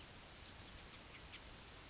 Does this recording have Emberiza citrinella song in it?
no